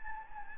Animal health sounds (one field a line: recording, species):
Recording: mosquito wingbeat signal from an infrared sensor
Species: Anopheles gambiae